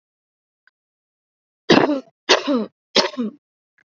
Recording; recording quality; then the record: shallow voluntary cough; excellent, no background noise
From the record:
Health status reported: healthy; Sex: female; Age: 23 years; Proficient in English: yes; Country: India